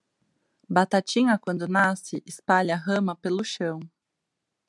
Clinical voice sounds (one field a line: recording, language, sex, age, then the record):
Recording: short text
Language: Brazilian Portuguese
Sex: female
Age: 30 to 39 years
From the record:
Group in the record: control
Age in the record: 35 years